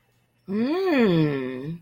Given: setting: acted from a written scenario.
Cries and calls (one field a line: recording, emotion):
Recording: vocal sound without words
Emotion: romantic love